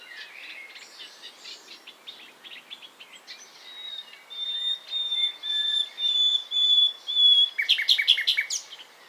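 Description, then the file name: Common nightingale singing varied phrases: chattering notes, then pure sustained whistles, ending in a fast run of loud repeated notes. "Luscinia megarhynchos"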